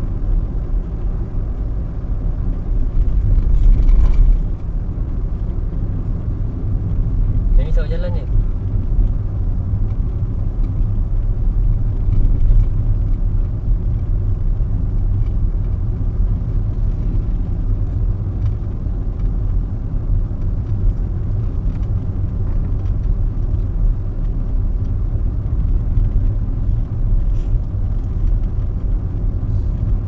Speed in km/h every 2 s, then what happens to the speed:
46, 45, 43, 39, 37, 36, 35, 35, 36, 37, 37, 38, 38, 38, 38.
0-13 slows to 35. 13-30 steady at about 37.